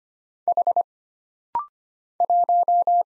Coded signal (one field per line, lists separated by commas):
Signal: Morse code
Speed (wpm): 25 wpm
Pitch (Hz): 700 Hz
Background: none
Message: H 1